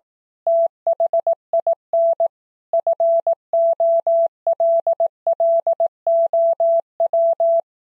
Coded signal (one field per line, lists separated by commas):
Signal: Morse code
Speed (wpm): 18 wpm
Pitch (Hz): 670 Hz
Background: none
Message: THIN FOLLOW